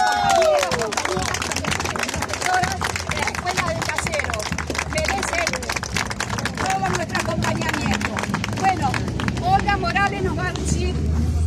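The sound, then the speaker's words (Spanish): A large crowd applauds performers who refused to change their presentation about memory, steadily for about eleven seconds, with dense overlapping claps mixed with cheering and shouting voices, loud throughout without a clear fade. “¡Un aplauso!”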